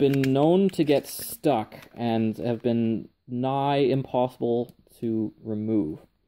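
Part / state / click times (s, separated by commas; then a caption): handheld game controller onto wrist strap attachment / not seated / none. Someone talks while a Nintendo Switch handheld game controller is lined up to slide onto its plastic wrist strap attachment, plus matched to plus and minus to minus, since a mismatched strap can get stuck and be nearly impossible to remove. Only speech is heard, with no sudden sounds. Nothing has seated or clicked yet; the clip ends just before the controller goes home.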